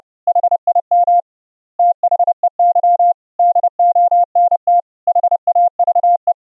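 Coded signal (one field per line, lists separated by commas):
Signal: Morse code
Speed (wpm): 30 wpm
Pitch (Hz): 700 Hz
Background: none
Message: HIM THEY DONT HAVE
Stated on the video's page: Harsh square-wave sidetone from a CW keyer's audio output, cleaned up with PulseEffects for over-IP contacts via SonoBus.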